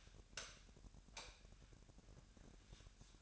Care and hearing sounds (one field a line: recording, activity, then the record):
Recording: daily activity, microphone in the room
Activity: light off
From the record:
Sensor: 2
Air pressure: 1011.8 hPa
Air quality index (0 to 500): 214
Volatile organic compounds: 3 ppm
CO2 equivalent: 1504 ppm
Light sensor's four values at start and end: 16/44/18/18 and 11/27/11/12